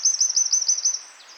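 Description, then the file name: Eurasian wren song fragment: a loud, very high, rapid rattling trill of evenly spaced notes for about a second, then fading out over a quiet background hiss. "Troglodytes troglodytes"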